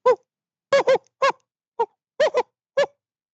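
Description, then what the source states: Gibbon barks: short, sharp, harmonic calls, some in close pairs, spaced irregularly with silence between them. First barks at the start of a gibbon song bout, recorded in the rainforest by primatologist Thomas Geissmann.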